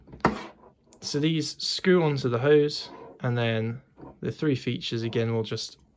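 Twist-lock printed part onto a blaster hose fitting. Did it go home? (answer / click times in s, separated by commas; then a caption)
no / none. A printed twist-lock part with three locating features is handled at a blaster hose fitting onto which it screws, with a short sharp knock near 0.3 s while someone talks throughout. The part has not yet been pushed in and twisted, so nothing has seated or clicked yet.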